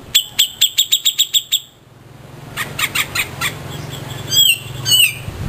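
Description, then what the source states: Grey-cheeked bulbul calling with a quick run of bright, high chirps, then a pause and a softer, scattered series of shorter notes and a couple of upslurred whistles. Song used to train cage birds.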